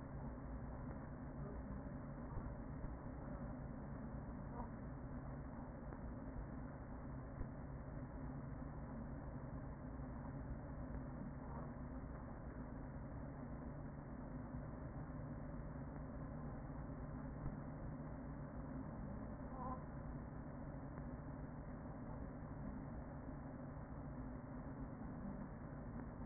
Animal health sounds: honeybee colony, microphone inside the hive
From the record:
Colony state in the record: queen present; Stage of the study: after two queens were removed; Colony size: about 40,000 bees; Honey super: no

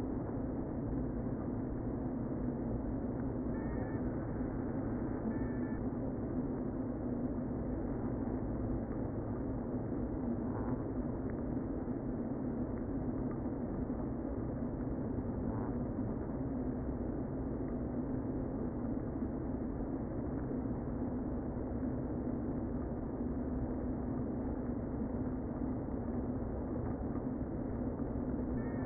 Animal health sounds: honeybee colony, microphone inside the hive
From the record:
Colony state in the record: queen present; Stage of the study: before two queens were removed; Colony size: about 60,000 bees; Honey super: yes

